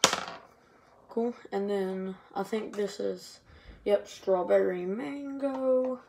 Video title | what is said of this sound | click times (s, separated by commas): My first I’m boxing life feels water bottle | there should be a little click you'll like fill the click when you put them in so that's | 0.0 s